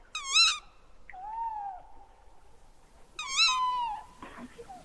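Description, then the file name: Tawny owl giving sharp, harmonic-rich calls, a quick wavering note, then a drawn-out lower note, with a second sharp call repeated about three seconds later. "chouette hulotte"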